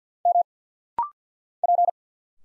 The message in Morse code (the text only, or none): M P